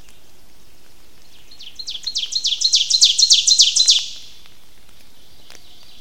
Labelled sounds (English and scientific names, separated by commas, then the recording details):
Ovenbird (Seiurus aurocapilla) song
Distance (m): 15 m
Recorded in boreal forest in Alberta, Canada, on 29 May 2016 at 06:51
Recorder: SongMeter 3, array SBT-3-49
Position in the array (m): 73 m, 257 m
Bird 14